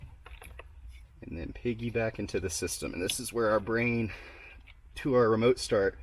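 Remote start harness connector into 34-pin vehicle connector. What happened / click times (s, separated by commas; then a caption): The wiring connector clicked into its plug / 0.3 s, 0.6 s. A remote start wiring harness connector is pushed into the vehicle's 34-pin plug to piggyback into the system, giving sharp, short clicks at 0.3 s and 0.6 s as it seats. It is pushed again to be safe, and then someone talks.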